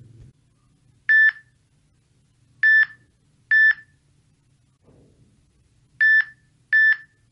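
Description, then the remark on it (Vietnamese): Five short, high-pitched electronic beeps sound at irregular intervals like a telegraph signal from a radio receiver, each a clear steady tone over a faint low hum, with no one speaking. “Âm thanh điện báo vang lên, cơ thể thông tín viên trung lập cập, cơ hồ là nhào vào bàn làm việc ghi chép một cách cấp tốc.”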